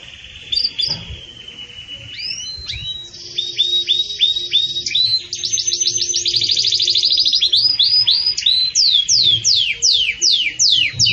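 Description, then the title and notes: Belgian canary song building from soft notes into a sustained bell-like trill and rolling series, ending in rapid repeated downslurred chirps. Pure campainha song style, delivered with pauses, intended for training singing birds. "Canto Canário Belga Campainha Puro Com Pausa Para Treinamento. CANARIO BELGA"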